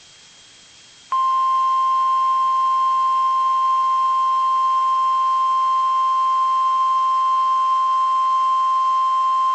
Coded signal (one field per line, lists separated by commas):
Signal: Emergency Alert System (SAME) tones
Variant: 1050 Hz attention tone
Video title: EAS: Required Weekly Test